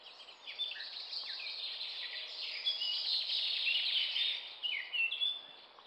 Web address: mustapaakerttu hannes tiira. muuttolintukalenteri lehtimetsien lurittelijat lehtokerttu ja mustapaakerttu